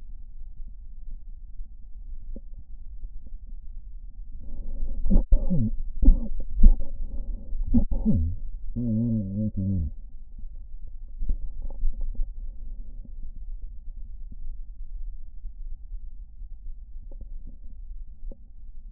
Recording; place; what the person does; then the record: lung sounds by stethoscope; right anterior apical chest; quiet breathing, then cough and speech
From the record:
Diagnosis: interstitial lung disease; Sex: male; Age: 61 years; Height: 172 cm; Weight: 71 kg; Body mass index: 24.0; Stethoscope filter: diaphragm mode